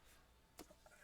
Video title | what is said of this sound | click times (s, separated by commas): FOLLOW UP ON THE EXCALIBUT TWINSTRIKE CROSSBOW | that's kind of a neat system. You hear the click, and I like the fact that you can hear the little click. | 0.6 s